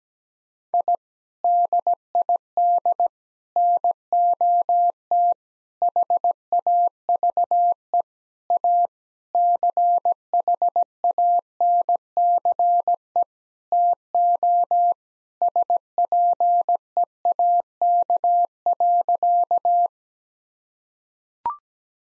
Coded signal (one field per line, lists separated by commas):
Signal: Morse code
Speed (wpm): 17 wpm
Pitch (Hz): 700 Hz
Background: none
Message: I DID NOT HAVE A CHANCE TO SPEAK.